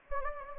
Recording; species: mosquito wingbeat signal from an infrared sensor; Anopheles gambiae